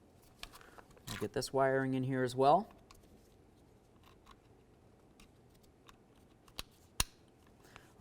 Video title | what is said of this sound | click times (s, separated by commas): How to Replace Front Window Regulator 2009-2020 Dodge Journey | listen for a click | 0.4 s